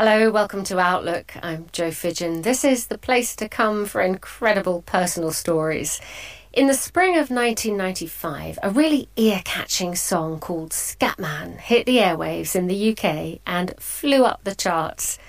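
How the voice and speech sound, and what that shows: A woman speaks in a clear, steady broadcast voice, introducing a radio programme and a 1990s pop song. Speech is fluent, at a moderate pace with brief natural pauses, and her pitch varies easily: ordinary fluent adult speech.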